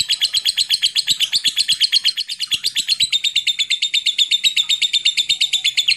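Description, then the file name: Lovebird giving a continuous rapid chatter, shrill pulses running at an even fast pace for the whole stretch, with soft low ticking sounds in the background. Long ngekek trill. "suara burung lovebird ngekek panjang"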